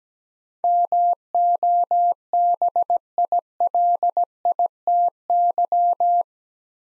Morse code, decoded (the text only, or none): MOBILITY